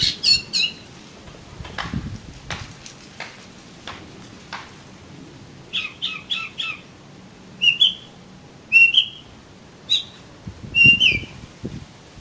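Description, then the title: Oriental magpie-robin: songbird giving spaced, short whistled slurs roughly every second after a few faint clicks and notes, with a low hum in the background. "Kacer Kacer"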